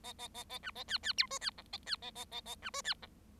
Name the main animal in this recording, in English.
Bengalese Finch